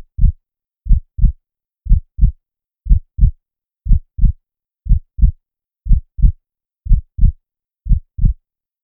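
Steady low lub-dub heartbeat at 60 beats a minute, nine even pairs of thumps over nine seconds. Regular rhythm with no extra sounds between beats. A sound effect of a normal resting heartbeat.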